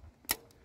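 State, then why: Seated. A diesel fuel injector leak-off (return) line connector is pushed onto the injector with its locking tabs raised, on a Volvo V50 1.6 D2 diesel engine (the same 1.6 diesel used by Ford, Peugeot, Citroën and Renault). A sharp click at 0.3 s, framed by two faint ticks just before and after, marks the connector seating on the injector.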